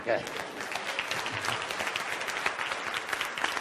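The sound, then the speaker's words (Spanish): Audience applause fills the whole moment, a dense steady patter of many hands clapping at even loudness, with a faint murmur of voices mixed in. “Eso merece un aplauso.”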